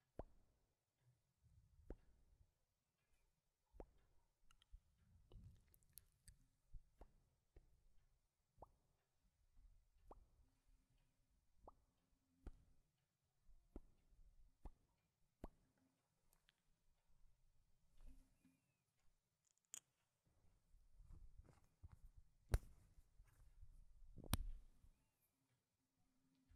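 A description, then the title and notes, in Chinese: Quiet kissing and lip sounds with lipstick application: soft wet smacks and sharp plops every second or two, some low muffled rubbing between. 亲亲与口唇声。各种口红触发音。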